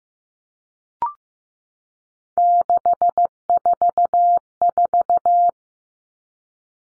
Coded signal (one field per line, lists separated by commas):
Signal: Morse code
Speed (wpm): 15 wpm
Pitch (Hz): 700 Hz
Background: none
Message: 644